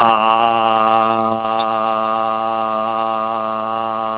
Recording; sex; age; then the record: sustained vowel /a/ by telephone; male; 60 to 69 years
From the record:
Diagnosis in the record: healthy control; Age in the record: 68 years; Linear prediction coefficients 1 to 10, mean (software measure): 1.37, -0.73, 0.06, -0.67, 0.76, -0.08, -0.35, -0.03, 0.15, -0.03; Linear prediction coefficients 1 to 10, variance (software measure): 0.024, 0.060, 0.103, 0.134, 0.089, 0.057, 0.056, 0.041, 0.024, 0.005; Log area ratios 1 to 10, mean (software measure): -1.85, 2.22, -0.01, 0.13, -0.48, 1.11, 0.47, -0.30, -0.24, 0.05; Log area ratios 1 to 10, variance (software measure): 0.023, 0.164, 0.176, 0.163, 0.159, 0.061, 0.046, 0.073, 0.034, 0.022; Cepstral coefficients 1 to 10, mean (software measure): 1.37, 0.23, -0.07, -0.79, -0.28, 0.15, -0.04, 0.05, 0.03, -0.12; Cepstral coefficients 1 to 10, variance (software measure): 0.024, 0.029, 0.018, 0.018, 0.002, 0.003, 0.003, 0.004, 0.004, 0.002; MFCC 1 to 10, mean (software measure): -4.19, 1.26, -0.95, -1.26, 0.51, 0.40, -0.96, 0.79, 0.09, -0.03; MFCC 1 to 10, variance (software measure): 0.506, 0.032, 0.023, 0.051, 0.032, 0.032, 0.053, 0.027, 0.119, 0.047